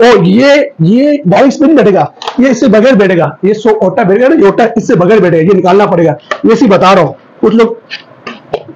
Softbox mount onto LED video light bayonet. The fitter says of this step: ये लॉक हो गया, ये आप देख लो